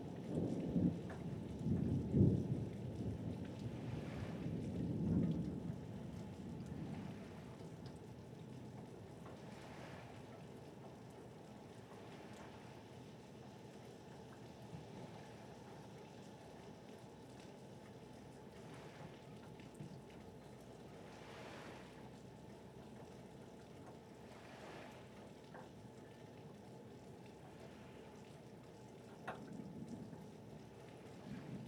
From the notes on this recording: Thunder, rain, waves, gulls, hail, and steamship (ferry) traffic.